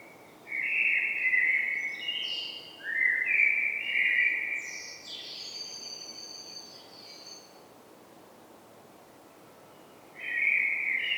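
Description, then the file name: Eurasian blackbird song phrases: rich low warbling whistles followed by a high, squeaky chattering flourish, a few quiet seconds, then a fresh mellow phrase begins. "Turdus merula"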